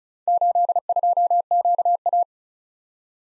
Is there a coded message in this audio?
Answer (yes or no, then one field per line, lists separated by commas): yes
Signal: Morse code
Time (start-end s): 0.3-2.2 s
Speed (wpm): 40 wpm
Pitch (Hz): 700 Hz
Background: none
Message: 82QA